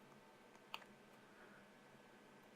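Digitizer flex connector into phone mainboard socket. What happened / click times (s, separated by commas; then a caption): The flex connector snapped home into its socket / 0.7 s. A Nokia Lumia 520 digitizer flex connector is pressed again into its socket on the phone's mainboard to make sure it is seated. A single short, sharp click sounds at 0.7 s over a quiet background. The connector is pressed home and confirmed in place.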